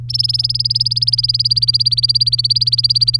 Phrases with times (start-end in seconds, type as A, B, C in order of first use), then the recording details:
0.09-3.17 A. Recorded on 3 May 2018 at 11:10. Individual llb3